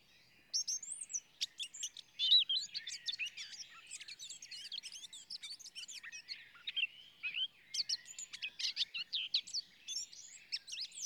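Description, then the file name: Eurasian blackcap, dense, rapid warbling with high twittering and sweeping notes, continuing almost without pause over eleven seconds. "Sylvia atricapilla"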